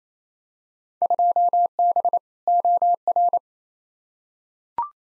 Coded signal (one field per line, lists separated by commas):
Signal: Morse code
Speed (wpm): 27 wpm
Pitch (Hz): 700 Hz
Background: none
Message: 2B OR